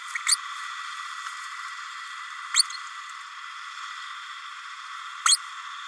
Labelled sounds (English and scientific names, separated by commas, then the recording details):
Green-rumped Parrotlet (Forpus passerinus) babbling
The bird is a male
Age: 31 days
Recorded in a nest box in Venezuela
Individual 17B32A6